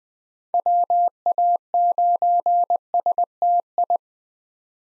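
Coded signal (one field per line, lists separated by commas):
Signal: Morse code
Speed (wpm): 20 wpm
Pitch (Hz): 700 Hz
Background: none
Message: WA9STI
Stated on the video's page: Morse practice of common SOTA chaser call signs at 20 wpm, each sent twice around a spoken version, for head-copy.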